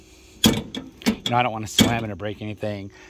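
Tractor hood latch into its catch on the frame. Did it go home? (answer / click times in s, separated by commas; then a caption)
no / none. On a second try, the metal hood of a Solis 24 tractor, just over 10 hours old and opened for its 10-hour maintenance, is pushed down onto its latch on the frame, giving a sharp thump at 0.4 s and lighter knocks near 0.8 and 1.0 s. The hood has not latched, apparently because the latch spike lines up but has vibrated loose. Someone then talks.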